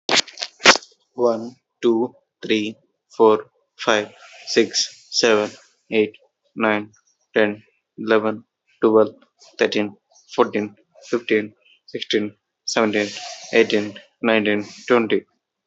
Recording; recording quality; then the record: counting at a normal pace; moderate, slight background noise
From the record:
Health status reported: healthy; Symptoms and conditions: none ticked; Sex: male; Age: 23 years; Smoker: not ticked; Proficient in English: yes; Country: India